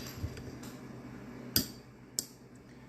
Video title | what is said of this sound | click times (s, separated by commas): Steyr pistol disassembling and Cleaning | actually hear it click it'll sound like a trigger reset when it sets back inside and | 2.2 s